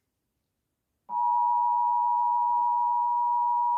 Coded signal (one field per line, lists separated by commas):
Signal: Emergency Alert System (SAME) tones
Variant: 853 and 960 Hz attention tone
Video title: Jesters catastrophe Eas Scenario inspired by trivia murder party and the Ellie show